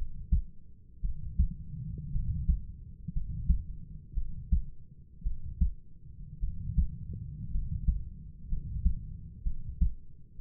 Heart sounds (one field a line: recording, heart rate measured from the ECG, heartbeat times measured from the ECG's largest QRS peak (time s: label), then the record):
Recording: heart sounds by stethoscope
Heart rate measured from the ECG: 58 bpm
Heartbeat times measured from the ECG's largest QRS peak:
1.01 s: heartbeat
2.12 s: heartbeat
3.13 s: heartbeat
4.14 s: heartbeat
5.23 s: heartbeat
6.40 s: heartbeat
7.51 s: heartbeat
8.49 s: heartbeat
9.43 s: heartbeat
10.38 s: heartbeat
From the record:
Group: healthy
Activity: rest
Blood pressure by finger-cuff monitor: 105/52 mmHg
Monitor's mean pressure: 65 mmHg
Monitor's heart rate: 56 bpm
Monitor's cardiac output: 5.1 L/min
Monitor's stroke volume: 89 mL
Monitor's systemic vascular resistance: 910 dyn s/cm5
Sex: male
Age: 25 years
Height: 170 cm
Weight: 70.4 kg